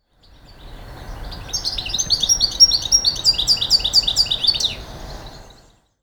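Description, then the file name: European goldfinch calls: a quick, high, tinkling twitter of liquid notes, rapidly repeated for about three seconds, then ending abruptly. "Carduelis carduelis"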